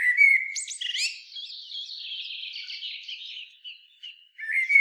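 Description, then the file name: Common blackbird with clear whistled notes at the start and end, separated by a long, buzzy, scratchy chatter. "Turdus merula"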